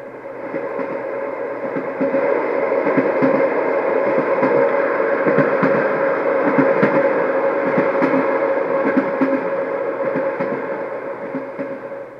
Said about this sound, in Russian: Трофейный немец-паровоз гремел железом, тащил вагоны мимо сиротливых, еле-еле вставших на ноги советских сел и деревень, городов, полустанков.